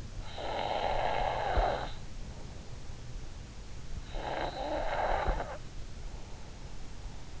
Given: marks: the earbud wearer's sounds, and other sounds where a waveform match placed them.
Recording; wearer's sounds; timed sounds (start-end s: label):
sounds in sleep by an in-ear microphone; snoring breath
0.00-2.85 s: snoring breath
3.54-6.00 s: snoring breath